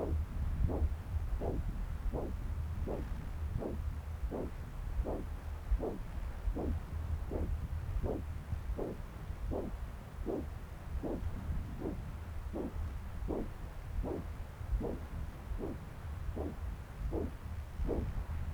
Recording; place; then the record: Doppler ultrasound of blood flow; left subclavian vein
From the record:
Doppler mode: continuous wave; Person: adult scuba diver, at rest before a dive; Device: O'Dive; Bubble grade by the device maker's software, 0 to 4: 0